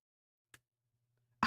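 A magnet glued into a handmade paper card snaps shut onto its partner magnet, seating at 1.4 s with a sharp, loud click. A fainter tick comes earlier at 0.5 s, followed by a low hum, and the closure is confirmed as snapped shut.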